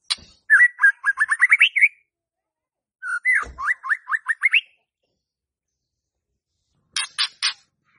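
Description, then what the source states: White-rumped shama song: fast runs of rising whistled notes in two bursts, each climbing in pitch, followed after a gap by a few harsh clipped notes. Lure to trigger song in a stressed White-rumped shama that has stopped singing.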